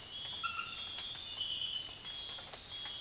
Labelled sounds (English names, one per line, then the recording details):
none
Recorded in dense forest near Puerto Asís, Putumayo, Colombia, on 9 March 2025 at 05:00
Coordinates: 0.481, -76.323
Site G088